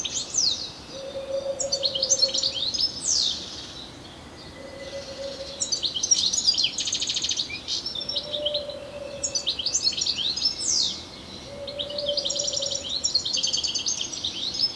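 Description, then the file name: European goldfinch song in several bursts of jangling, twittering notes and slurs, separated by quieter gaps, with a low intermittent hum. "Carduelis carduelis"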